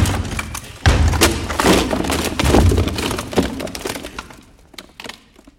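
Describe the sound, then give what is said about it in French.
A door is bashed in with several heavy, booming thuds in quick succession, wood cracking and splintering as it gives way, then debris rattles and settles into a quieter tail. “Zuko défonce la porte.”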